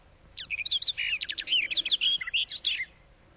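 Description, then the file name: Barred warbler song: a hurried, scratchy warble of chattering notes and short whistled slides, lasting about two and a half seconds, then silence. "Canto da toutinegra gaviao"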